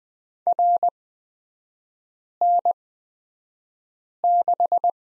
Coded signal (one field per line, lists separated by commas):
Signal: Morse code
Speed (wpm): 20 wpm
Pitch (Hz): 700 Hz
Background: none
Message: RN6